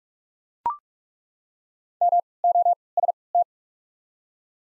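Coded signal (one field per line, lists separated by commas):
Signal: Morse code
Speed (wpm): 43 wpm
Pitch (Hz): 700 Hz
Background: none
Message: MOST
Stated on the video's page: Morse practice of the top 300 words at 45 wpm using Farnsworth timing with 3x character spacing.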